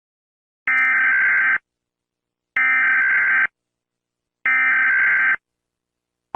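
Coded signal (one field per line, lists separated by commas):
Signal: Emergency Alert System (SAME) tones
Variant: header bursts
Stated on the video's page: Simulated fictional EAS scenario about a crashed rocket ship in Columbus, Ohio and Los Angeles.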